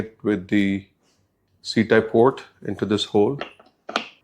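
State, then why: Seated. A USB-C cable plug is pushed into the port of a BluArmor C20 helmet intercom unit being installed on an LS2 helmet. Someone talks, then a short sharp click is heard at 3.9–4.0 s as the plug seats, with the click at 4.0 s. The plug is confirmed seated in the intercom unit.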